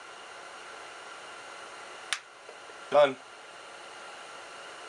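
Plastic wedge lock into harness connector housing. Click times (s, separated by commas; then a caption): 2.1 s. A plastic wedge lock (terminal position lock) is pressed into a harness connector housing after the terminals are inserted, giving a sharp snap at 2.1 s as it seats. About a second later someone talks briefly over a steady background hum.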